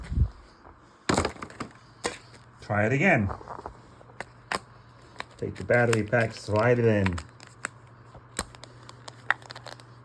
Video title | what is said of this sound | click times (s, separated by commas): Baofeng DM-32UV unboxing | Okay, slide it in all the way. There you go. Don't stop until you hear it click. | 9.3 s